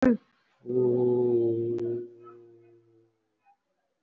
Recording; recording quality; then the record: sustained vowel as in boot; excellent, no background noise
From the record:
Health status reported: respiratory illness, not identified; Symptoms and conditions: cough, cold, breathing difficulty, sore throat, fatigue, chronic lung disease, pneumonia, another condition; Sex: male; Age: 62 years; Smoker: yes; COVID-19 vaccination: both doses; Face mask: worn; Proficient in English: no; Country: India